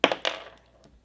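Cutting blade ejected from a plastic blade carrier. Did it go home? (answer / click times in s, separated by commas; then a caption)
released / 0.0 s. With the plastic blade carrier unlocked, the button is pressed down and the cutting blade pops out of the carrier. A sharp, bright click marks the release at 0.0 s, followed by a smaller tick and a second clack around 0.3 s, with a faint tick near 0.8 s. The blade is ejected from the carrier.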